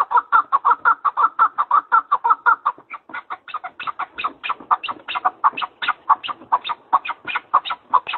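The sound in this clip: Partridge call series, a steady, rapid train of raspy chucks running without a break from start to finish.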